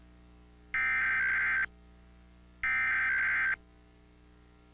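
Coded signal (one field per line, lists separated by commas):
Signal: Emergency Alert System (SAME) tones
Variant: header bursts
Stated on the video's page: Required Weekly Test of the Emergency Alert System on a television station, taken from a personal tape collection.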